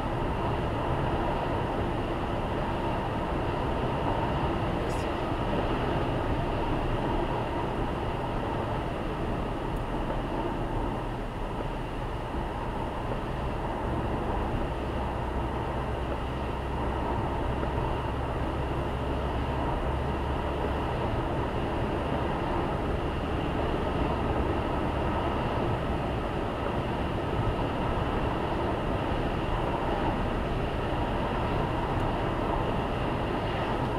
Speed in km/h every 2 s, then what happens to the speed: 111, 112, 107, 102, 91, 92, 95, 99, 102, 106, 110, 113, 114, 118, 119, 119, 117.
3-9 brakes to 91. 9-26 speeds up to 118. 26-34 steady at about 118.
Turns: none.